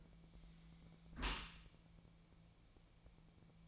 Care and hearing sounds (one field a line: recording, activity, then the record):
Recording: daily activity, microphone in the room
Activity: close dishwasher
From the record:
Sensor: 1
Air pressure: 1000.5 hPa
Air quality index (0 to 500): 181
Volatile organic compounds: 4 ppm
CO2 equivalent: 1668 ppm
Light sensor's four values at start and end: 10/25/10/12 and 10/25/10/12